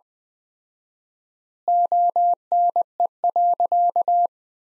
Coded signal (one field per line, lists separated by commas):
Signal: Morse code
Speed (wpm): 20 wpm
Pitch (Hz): 700 Hz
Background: none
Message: ONE.